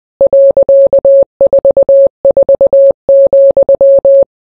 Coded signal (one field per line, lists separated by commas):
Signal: Morse code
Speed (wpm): 20 wpm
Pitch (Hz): 550 Hz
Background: none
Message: .44,